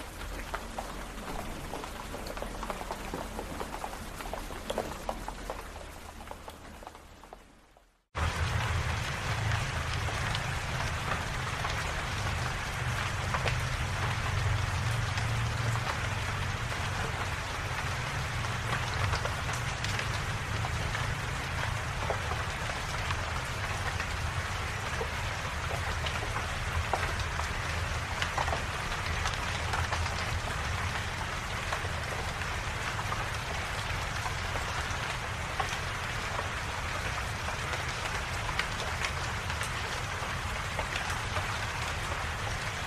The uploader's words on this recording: 4 Hours of Serene Rain.